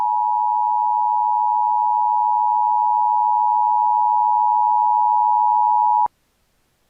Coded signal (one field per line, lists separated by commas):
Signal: Emergency Alert System (SAME) tones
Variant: 853 and 960 Hz attention tone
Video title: EAS Scenario - The Blob